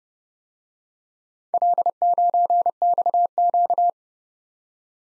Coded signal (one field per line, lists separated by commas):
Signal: Morse code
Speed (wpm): 29 wpm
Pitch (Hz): 700 Hz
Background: none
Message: L9XQ